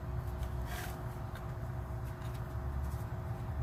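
A plastic wiring harness connector is handled at a newly installed alternator on a Rav4, ready to be pushed on. Steady low rumble with faint rustling and brief higher-frequency scrapes runs throughout. Nothing has seated or clicked yet.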